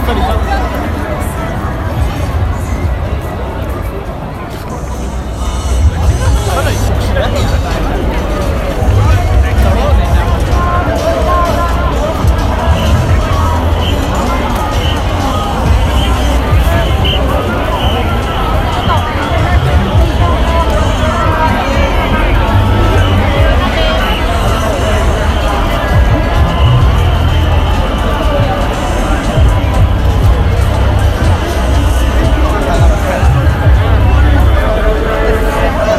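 Crowd at Shibuya Halloween: dense, overlapping chatter from many voices fills the whole recording without pause. A steady low rumble sits underneath, and the level stays high and even after a slightly quieter moment around five seconds.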